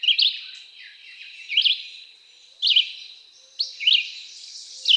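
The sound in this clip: Red-eyed Vireo song: short whistled phrases with quick slurs, spaced about a second apart, against a faint high background hiss.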